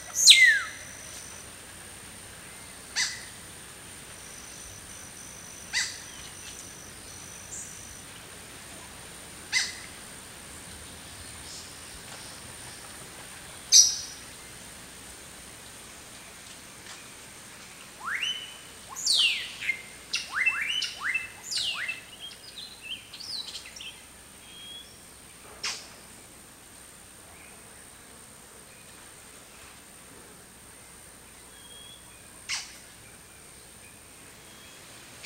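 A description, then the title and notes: Jungle birds call over a quiet, steady hiss, with a high thin tone held throughout. Sharp single chirps come every few seconds early on, then a busier run of rising, warbling calls fills roughly 18 to 25 seconds before sparse chirps return. In this episode, we bring you the lively sounds of jungle birds singing and chirping in a lush forest. Jungle Birds Ambience.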